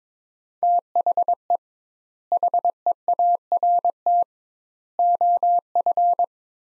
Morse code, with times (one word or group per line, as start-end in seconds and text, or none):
0.6-1.6 THE
2.3-4.2 HEART
5.0-6.2 OF